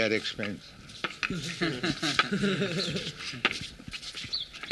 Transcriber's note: laughter